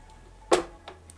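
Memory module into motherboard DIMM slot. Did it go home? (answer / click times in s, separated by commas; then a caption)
no / none. A DDR5 memory stick is handled at a motherboard DIMM slot with plastic retention clips at the slot ends. A broadband knock sounds near 0.5 s, followed by faint short ticks around 0.9 s and 1.1 s over a low hum. The stick has not yet seated, and the retention clips have not clicked shut.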